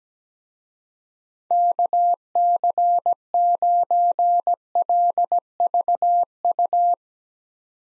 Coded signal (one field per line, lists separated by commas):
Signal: Morse code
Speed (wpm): 17 wpm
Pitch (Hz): 700 Hz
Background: none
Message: KC9LVU